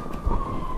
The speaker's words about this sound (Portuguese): Ai, agora com a ambulância e tudo.